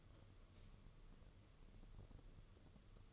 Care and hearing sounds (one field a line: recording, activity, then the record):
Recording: daily activity, microphone in the room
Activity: light off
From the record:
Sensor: 4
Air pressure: 995.3 hPa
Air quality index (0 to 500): 211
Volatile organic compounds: 227 ppm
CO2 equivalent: 4296 ppm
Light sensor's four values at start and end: 7/18/7/8 and 8/18/7/8